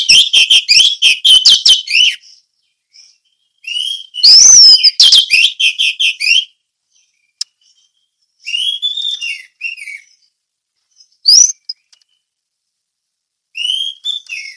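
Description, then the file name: Orange-headed thrush song: rapid bursts of high, sweet whistled and chattering phrases, pausing between outbursts, with a loud warbling run near the middle. Song of the anis merah in the ngeplong teler style. "suara anis merah ngeplong teler"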